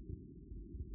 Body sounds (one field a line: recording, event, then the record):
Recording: neck accelerometer signal played as sound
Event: no cough (speech, laughter, throat clearing or background)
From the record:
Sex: male